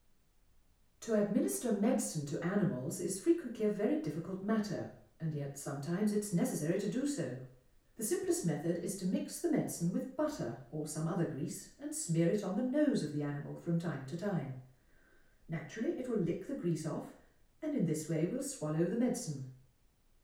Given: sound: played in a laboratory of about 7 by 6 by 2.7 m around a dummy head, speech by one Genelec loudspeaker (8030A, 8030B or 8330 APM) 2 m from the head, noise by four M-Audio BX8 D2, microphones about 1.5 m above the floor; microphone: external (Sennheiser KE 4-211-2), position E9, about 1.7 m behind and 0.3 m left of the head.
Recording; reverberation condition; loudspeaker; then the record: female speech in English; medium; in front (0 degrees)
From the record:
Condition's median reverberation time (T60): about 510 ms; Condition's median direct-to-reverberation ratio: about -0.5 dB